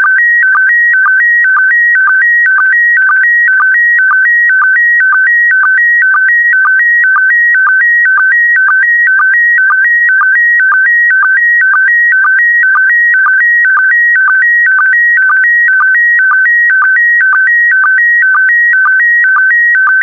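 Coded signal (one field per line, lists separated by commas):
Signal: SSTV (slow-scan television)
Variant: PD120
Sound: steady warbling tone jumping between two pitches, with a short low blip every half second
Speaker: complete. You can now check your decoded image against the picture that is shown on the video.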